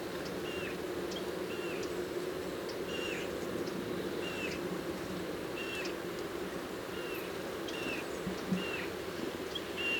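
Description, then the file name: Eurasian bullfinch calling with soft, brief falling whistles at fairly regular intervals, over steady hissy background noise. "Pyrrhula pyrrhula"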